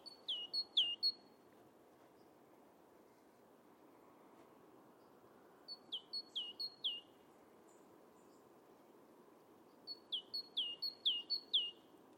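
Great tit delivering three short strophes of repeated high-then-lower paired notes, a few pairs each, spaced by pauses, with background hiss.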